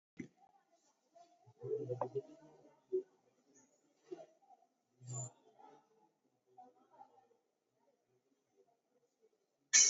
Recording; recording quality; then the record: shallow breathing; poor, much background noise or distortion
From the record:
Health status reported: COVID-19 positive, moderate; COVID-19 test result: positive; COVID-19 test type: RT-PCR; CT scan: taken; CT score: 13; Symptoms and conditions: cough, cold, breathing difficulty, sore throat, fatigue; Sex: male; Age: 48 years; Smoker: no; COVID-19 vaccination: none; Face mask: worn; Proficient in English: yes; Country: India